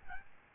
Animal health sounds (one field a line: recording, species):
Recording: mosquito wingbeat signal from an infrared sensor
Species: Aedes albopictus